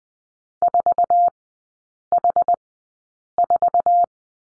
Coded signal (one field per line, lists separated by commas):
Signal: Morse code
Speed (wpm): 20 wpm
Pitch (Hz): 700 Hz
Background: none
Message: 4H4